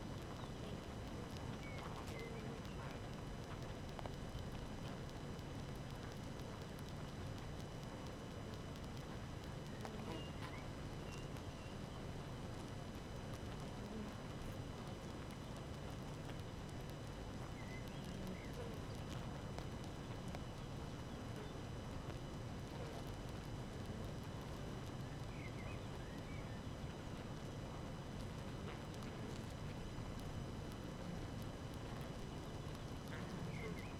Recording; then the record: honeybee colony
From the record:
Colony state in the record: active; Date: 12 June 2018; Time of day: 5:35